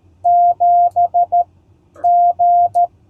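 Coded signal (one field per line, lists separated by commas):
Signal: Morse code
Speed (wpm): 13 wpm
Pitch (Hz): 700 Hz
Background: none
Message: 7 G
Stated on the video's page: CW POTA activation from a state park with IC-703+, homebrew EFHW antenna and 3-D printed key, calling CQ.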